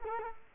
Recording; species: mosquito wingbeat signal from an infrared sensor; Culex quinquefasciatus